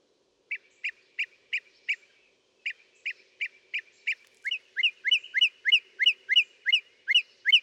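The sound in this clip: Northern mockingbird song: a short clipped note repeated rapidly in two series, then switching to a rising chip repeated many times.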